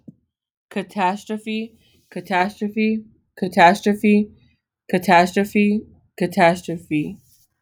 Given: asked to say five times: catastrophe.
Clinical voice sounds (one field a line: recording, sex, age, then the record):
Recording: repeated word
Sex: female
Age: 30 to 39 years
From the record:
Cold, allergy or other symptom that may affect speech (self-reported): no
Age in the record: 39 years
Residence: Michigan, United States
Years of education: 14